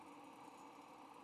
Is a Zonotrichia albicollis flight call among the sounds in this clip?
no